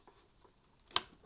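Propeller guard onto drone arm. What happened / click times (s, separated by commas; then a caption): The plastic guard snapped onto the arm / 1.0 s. A plastic propeller guard is fitted onto an arm of a DJI Mavic 3 Pro drone with two hands, retried because no click was heard on the first attempt. After a few faint, soft handling taps, it snaps on with a single sharp, bright click at 1.0 s, and the guard is seated.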